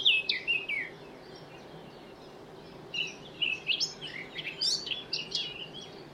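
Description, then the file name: Blackcap warbling in short bursts of quick, scratchy and whistled notes, with a quiet gap between phrases. "Sylvia atricapilla"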